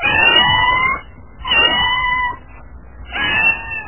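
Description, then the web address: Domestic cat giving three drawn-out, wavering yowls separated by short quiet pauses. "koshka"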